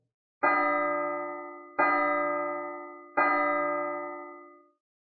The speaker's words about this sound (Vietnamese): Nơi xa tiếng chuông du dương nhẹ nhàng truyền lại.